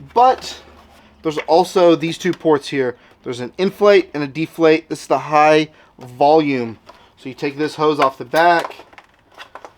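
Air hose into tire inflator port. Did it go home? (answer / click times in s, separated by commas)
no / none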